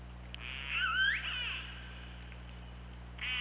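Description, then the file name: Killer whale call, a single loud warbling upsweep lasting about half a second, then a fainter buzzy call starting at the end, with low mechanical hum beneath. Recorded 24 August 2017 at about 23:38. "Orca Lab"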